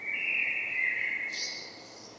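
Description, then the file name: Common blackbird, a single sustained mellow phrase that breaks into a brief, thin, high twitter at its close. "Turdus merula"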